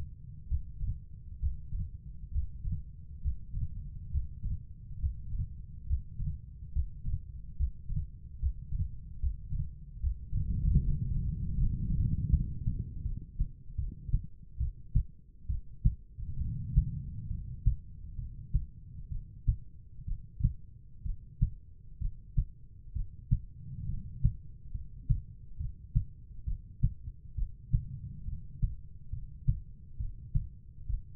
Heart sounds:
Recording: heart sounds by stethoscope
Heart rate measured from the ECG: 69 bpm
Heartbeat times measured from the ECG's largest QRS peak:
0.46 s: heartbeat
1.37 s: heartbeat
2.29 s: heartbeat
3.19 s: heartbeat
4.09 s: heartbeat
4.97 s: heartbeat
5.85 s: heartbeat
6.70 s: heartbeat
7.54 s: heartbeat
8.37 s: heartbeat
9.18 s: heartbeat
9.98 s: heartbeat
10.80 s: heartbeat
11.56 s: heartbeat
12.30 s: heartbeat
13.02 s: heartbeat
13.75 s: heartbeat
14.57 s: heartbeat
15.47 s: heartbeat
16.38 s: heartbeat
17.28 s: heartbeat
18.16 s: heartbeat
19.09 s: heartbeat
20.05 s: heartbeat
21.03 s: heartbeat
21.99 s: heartbeat
22.93 s: heartbeat
23.86 s: heartbeat
24.72 s: heartbeat
25.57 s: heartbeat
26.45 s: heartbeat
27.35 s: heartbeat
28.25 s: heartbeat
29.10 s: heartbeat
29.97 s: heartbeat
30.87 s: heartbeat
From the record:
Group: healthy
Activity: breath hold 0-12 s, rest 12-31 s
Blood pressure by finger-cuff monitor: 131/84 mmHg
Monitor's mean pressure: 102 mmHg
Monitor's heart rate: 67 bpm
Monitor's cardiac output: 5.2 L/min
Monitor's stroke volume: 68 mL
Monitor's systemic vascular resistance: 1520 dyn s/cm5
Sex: female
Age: 43 years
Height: 160 cm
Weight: 90 kg

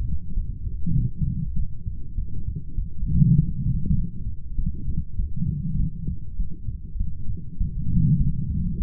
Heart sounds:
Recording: heart sounds by stethoscope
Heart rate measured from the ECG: 100 bpm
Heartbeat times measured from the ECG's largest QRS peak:
0.33 s: heartbeat
0.94 s: heartbeat
1.55 s: heartbeat
2.15 s: heartbeat
2.75 s: heartbeat
3.35 s: heartbeat
3.95 s: heartbeat
4.55 s: heartbeat
5.15 s: heartbeat
5.76 s: heartbeat
6.36 s: heartbeat
6.97 s: heartbeat
7.57 s: heartbeat
8.17 s: heartbeat
8.77 s: heartbeat
From the record:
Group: healthy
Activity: light exercise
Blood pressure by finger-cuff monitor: 136/70 mmHg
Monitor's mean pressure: 94 mmHg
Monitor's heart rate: 100 bpm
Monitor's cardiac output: 9.6 L/min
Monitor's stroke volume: 97 mL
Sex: female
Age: 32 years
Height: 172 cm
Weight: 71.7 kg

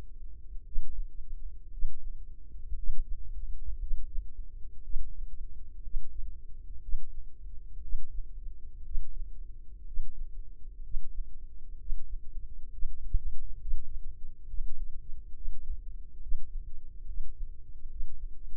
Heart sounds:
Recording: heart sounds by microphone in the left ear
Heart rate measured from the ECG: 63 bpm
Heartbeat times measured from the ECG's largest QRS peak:
0.62 s: heartbeat
1.69 s: heartbeat
2.74 s: heartbeat
3.77 s: heartbeat
4.80 s: heartbeat
5.80 s: heartbeat
6.79 s: heartbeat
7.79 s: heartbeat
8.81 s: heartbeat
9.83 s: heartbeat
10.80 s: heartbeat
11.75 s: heartbeat
12.68 s: heartbeat
13.57 s: heartbeat
14.44 s: heartbeat
15.31 s: heartbeat
16.18 s: heartbeat
17.04 s: heartbeat
17.86 s: heartbeat
From the record:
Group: healthy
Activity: Valsalva maneuver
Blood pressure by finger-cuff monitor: 98/64 mmHg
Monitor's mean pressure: 72 mmHg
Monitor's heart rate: 59 bpm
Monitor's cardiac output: 4.2 L/min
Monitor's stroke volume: 69 mL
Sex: female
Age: 36 years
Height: 163 cm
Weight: 88 kg

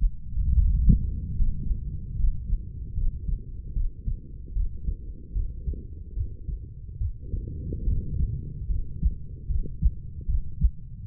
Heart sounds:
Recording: heart sounds by stethoscope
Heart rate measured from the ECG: 74 bpm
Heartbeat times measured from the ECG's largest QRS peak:
0.54 s: heartbeat
1.35 s: heartbeat
2.16 s: heartbeat
2.94 s: heartbeat
3.73 s: heartbeat
4.53 s: heartbeat
5.33 s: heartbeat
6.14 s: heartbeat
6.98 s: heartbeat
7.84 s: heartbeat
8.67 s: heartbeat
9.47 s: heartbeat
10.26 s: heartbeat
11.06 s: heartbeat
From the record:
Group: healthy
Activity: rest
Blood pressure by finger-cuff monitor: 135/57 mmHg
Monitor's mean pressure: 83 mmHg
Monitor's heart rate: 75 bpm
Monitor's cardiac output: 8.3 L/min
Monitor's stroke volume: 109 mL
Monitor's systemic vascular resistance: 700 dyn s/cm5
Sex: female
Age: 32 years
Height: 168 cm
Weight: 61.9 kg

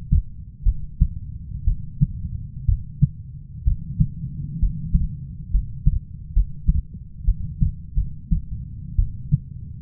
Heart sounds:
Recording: heart sounds by stethoscope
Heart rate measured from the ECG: 65 bpm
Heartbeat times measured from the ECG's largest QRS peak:
0.64 s: heartbeat
1.65 s: heartbeat
2.66 s: heartbeat
3.65 s: heartbeat
4.60 s: heartbeat
5.51 s: heartbeat
6.33 s: heartbeat
7.25 s: heartbeat
7.95 s: heartbeat
8.96 s: heartbeat
From the record:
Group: healthy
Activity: rest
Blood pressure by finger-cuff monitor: 142/64 mmHg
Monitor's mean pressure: 90 mmHg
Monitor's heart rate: 66 bpm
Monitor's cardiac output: 6.7 L/min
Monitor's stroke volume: 99 mL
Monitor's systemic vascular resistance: 960 dyn s/cm5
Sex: female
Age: 37 years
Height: 168 cm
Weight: 70 kg

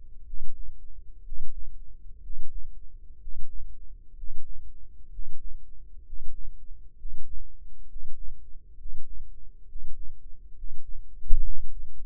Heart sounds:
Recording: heart sounds by microphone in the left ear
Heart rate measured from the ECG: 64 bpm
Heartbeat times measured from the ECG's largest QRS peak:
0.23 s: heartbeat
1.22 s: heartbeat
2.19 s: heartbeat
3.17 s: heartbeat
4.13 s: heartbeat
5.08 s: heartbeat
6.02 s: heartbeat
6.94 s: heartbeat
7.85 s: heartbeat
8.75 s: heartbeat
9.64 s: heartbeat
10.53 s: heartbeat
11.41 s: heartbeat
From the record:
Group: healthy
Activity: Valsalva maneuver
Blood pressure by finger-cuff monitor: 106/61 mmHg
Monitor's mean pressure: 72 mmHg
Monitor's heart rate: 64 bpm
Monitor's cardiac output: 6.3 L/min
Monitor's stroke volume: 98 mL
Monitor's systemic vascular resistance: 830 dyn s/cm5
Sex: male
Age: 35 years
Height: 180 cm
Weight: 86.9 kg

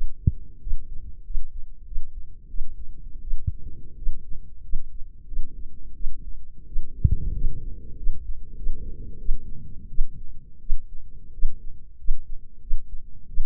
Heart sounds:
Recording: heart sounds by microphone in the left ear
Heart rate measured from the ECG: 90 bpm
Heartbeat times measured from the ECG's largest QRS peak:
0.62 s: heartbeat
1.25 s: heartbeat
1.86 s: heartbeat
2.49 s: heartbeat
3.22 s: heartbeat
3.97 s: heartbeat
4.63 s: heartbeat
5.27 s: heartbeat
5.95 s: heartbeat
6.67 s: heartbeat
7.35 s: heartbeat
7.97 s: heartbeat
8.56 s: heartbeat
9.19 s: heartbeat
9.89 s: heartbeat
10.60 s: heartbeat
11.33 s: heartbeat
11.98 s: heartbeat
12.61 s: heartbeat
13.28 s: heartbeat
From the record:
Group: healthy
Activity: rest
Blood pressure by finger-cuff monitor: 111/68 mmHg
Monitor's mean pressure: 81 mmHg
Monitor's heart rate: 89 bpm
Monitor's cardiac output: 7.3 L/min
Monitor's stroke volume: 82 mL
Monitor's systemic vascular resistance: 800 dyn s/cm5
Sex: female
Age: 23 years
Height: 160 cm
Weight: 50.4 kg

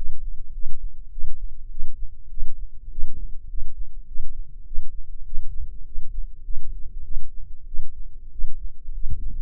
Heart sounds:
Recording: heart sounds by microphone in the left ear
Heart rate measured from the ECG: 100 bpm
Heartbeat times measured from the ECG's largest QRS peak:
0.51 s: heartbeat
1.09 s: heartbeat
1.68 s: heartbeat
2.28 s: heartbeat
2.89 s: heartbeat
3.47 s: heartbeat
4.05 s: heartbeat
4.64 s: heartbeat
5.23 s: heartbeat
5.83 s: heartbeat
6.42 s: heartbeat
7.02 s: heartbeat
7.65 s: heartbeat
8.29 s: heartbeat
8.91 s: heartbeat
From the record:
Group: healthy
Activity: rest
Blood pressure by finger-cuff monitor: 125/75 mmHg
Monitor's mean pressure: 95 mmHg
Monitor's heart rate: 101 bpm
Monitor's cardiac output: 8.2 L/min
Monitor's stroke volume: 82 mL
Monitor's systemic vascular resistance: 820 dyn s/cm5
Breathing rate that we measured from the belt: 22 breaths a minute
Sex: male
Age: 21 years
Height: 180 cm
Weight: 67.5 kg

